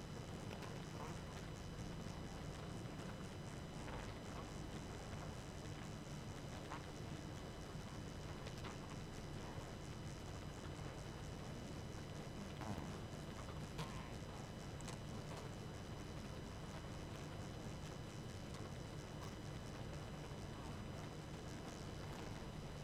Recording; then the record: honeybee colony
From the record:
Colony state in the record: active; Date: 12 June 2018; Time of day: 22:36